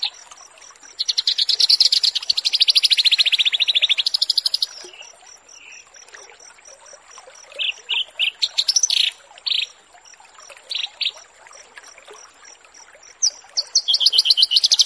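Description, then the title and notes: Horsfield's bush lark singing a fast run of repeated notes, then scattered sharp chirps in short groups, with a constant high-pitched tone underneath. Bird-keeping tutoring (masteran) recording of branjangan. "Branjangan VS BURGER Masteran Mewah 1. burung BRANJANGAN"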